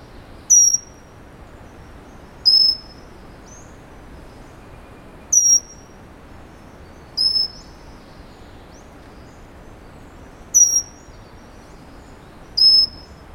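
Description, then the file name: Pygmy Wren-babbler giving six short, high, thin whistled notes with a sharp onset, spaced a few seconds apart. "wren-babbler-pygmy Pnoepyga-pusilla"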